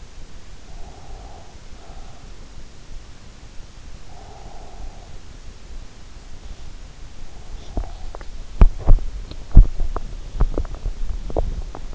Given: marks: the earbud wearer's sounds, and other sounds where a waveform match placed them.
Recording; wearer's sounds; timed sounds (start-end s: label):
sounds in sleep by an in-ear microphone; breath, teeth grinding
0.60-2.54 s: breath
3.86-5.26 s: breath
7.45-11.95 s: teeth grinding